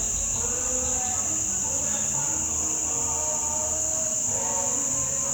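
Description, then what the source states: Insects drone in a steady, high, continuous buzz throughout, with people singing faintly underneath. Night ambience, Nkolmbong-Nord neighborhood, Émana, Yaoundé 1, Cameroon, 28 November 2023, 6:29 p.m.; Pentecostal congregation singing in background; iPhone 7, low quality.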